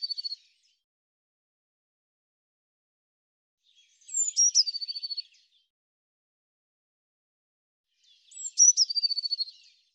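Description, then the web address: Eurasian blue tit calling: a thin, high opening note followed by a fast, scratchy trill, repeated about every four seconds with silence between. "Deverinetal"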